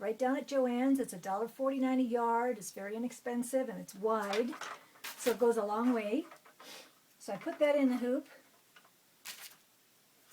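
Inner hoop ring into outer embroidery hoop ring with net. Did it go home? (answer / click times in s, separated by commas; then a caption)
yes / 9.3 s. Someone talks, then presses the inner ring of a 5x7 embroidery hoop into the outer ring over a double layer of thin petticoat net. After a few soft handling sounds, the ring pops into place with a short, sharp snap at 9.3 s, seating the hoop easily.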